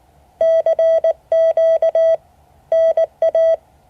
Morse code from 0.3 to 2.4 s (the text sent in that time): CQ